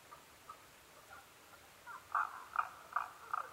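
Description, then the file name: Tago's brown frog calls: faint scattered notes give way to four strong croaks in quick succession. Recorded 15 May 2011 at 02:19. "tagogaeru-20110515-0219"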